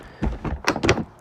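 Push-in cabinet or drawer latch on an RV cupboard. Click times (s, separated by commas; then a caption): 0.7 s, 0.9 s. A push-in latch on a cabinet or drawer in the kitchen area of a 2021 Sunray 129 travel trailer is pressed in by hand to lock the RV cupboard back up. After a couple of soft thumps, sharp clicks at 0.7 s and 0.9 s mark the latch seating.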